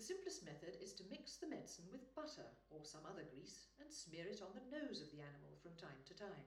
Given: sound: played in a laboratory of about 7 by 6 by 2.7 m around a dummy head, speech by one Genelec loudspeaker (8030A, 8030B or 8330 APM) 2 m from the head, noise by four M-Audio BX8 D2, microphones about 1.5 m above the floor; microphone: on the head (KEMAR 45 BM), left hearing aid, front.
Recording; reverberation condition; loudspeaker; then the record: female speech in English; medium; 60 degrees to the left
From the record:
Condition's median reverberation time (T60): about 510 ms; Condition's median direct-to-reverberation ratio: about -0.5 dB